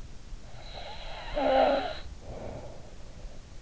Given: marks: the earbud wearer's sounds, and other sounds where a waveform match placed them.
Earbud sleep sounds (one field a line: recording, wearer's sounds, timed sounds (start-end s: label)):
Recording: sounds in sleep by an in-ear microphone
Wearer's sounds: snoring breath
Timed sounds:
0.48-3.34 s: snoring breath